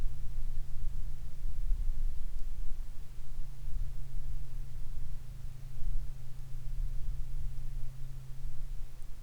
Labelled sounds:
bird, aircraft
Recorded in the Arctic National Wildlife Refuge, Alaska, on 22 July 2019 at 15:35
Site 41

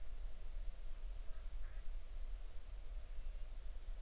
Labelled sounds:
waterfowl
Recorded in the Arctic National Wildlife Refuge, Alaska, on 20 July 2019 at 02:52
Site 38

